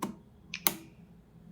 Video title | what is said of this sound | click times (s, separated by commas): NINTENDO SWITCH OLED - Unboxing en Español | sliding down until we hear a click. | 0.7 s